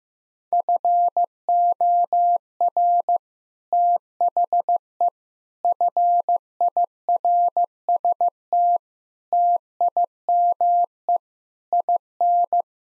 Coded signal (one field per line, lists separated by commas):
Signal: Morse code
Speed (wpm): 15 wpm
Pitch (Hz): 700 Hz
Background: none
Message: FOR THE FIRST TIME IN